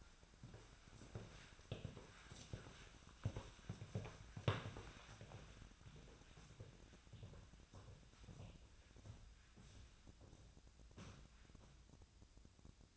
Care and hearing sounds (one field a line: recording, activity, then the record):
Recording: daily activity, microphone in the room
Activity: walk to room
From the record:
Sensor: 2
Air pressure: 1010.0 hPa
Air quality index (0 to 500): 175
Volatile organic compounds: 9 ppm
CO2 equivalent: 2185 ppm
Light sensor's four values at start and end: 33/81/34/39 and 35/86/37/41